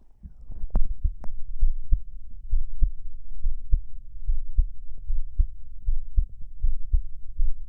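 Steady, fast, muffled heartbeat thumps picked up by a microphone pressed to the body of an adult, with soft handling noise; the quick rate possibly comes from excitement.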